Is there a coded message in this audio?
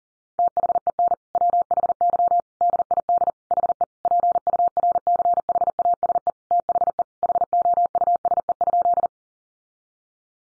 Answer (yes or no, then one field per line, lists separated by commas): yes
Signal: Morse code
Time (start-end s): 0.4-9.1 s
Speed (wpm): 40 wpm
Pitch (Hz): 700 Hz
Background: none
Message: THEN WHY DID HE PURCHASE THE HOUSE?